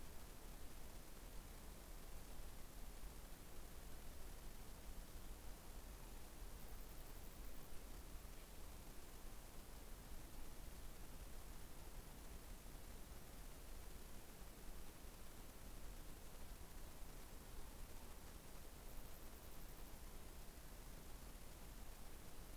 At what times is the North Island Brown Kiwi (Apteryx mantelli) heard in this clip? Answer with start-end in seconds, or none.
none